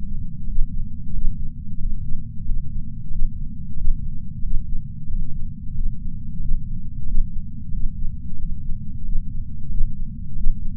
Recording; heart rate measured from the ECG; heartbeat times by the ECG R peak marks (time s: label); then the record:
heart sounds by patch sensor on the chest; 91 bpm
0.46 s: heartbeat
1.12 s: heartbeat
1.78 s: heartbeat
2.44 s: heartbeat
3.09 s: heartbeat
3.75 s: heartbeat
4.42 s: heartbeat
5.07 s: heartbeat
5.73 s: heartbeat
6.39 s: heartbeat
7.05 s: heartbeat
7.71 s: heartbeat
8.37 s: heartbeat
9.03 s: heartbeat
9.68 s: heartbeat
10.34 s: heartbeat
From the record:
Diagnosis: coronary artery disease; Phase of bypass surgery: postoperative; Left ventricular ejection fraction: 63.8%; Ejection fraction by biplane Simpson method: 63.7%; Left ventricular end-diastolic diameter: 46 mm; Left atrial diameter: 36 mm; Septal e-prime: 6 cm/s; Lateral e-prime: 8.7 cm/s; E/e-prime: 11.2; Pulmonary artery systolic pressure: 20 mmHg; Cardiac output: 4.6 L/min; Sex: male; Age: 58 years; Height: 170 cm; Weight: 80 kg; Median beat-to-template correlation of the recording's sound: 0.85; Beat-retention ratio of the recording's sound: 0.99